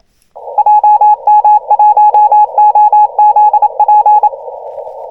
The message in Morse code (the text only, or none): JM1OZP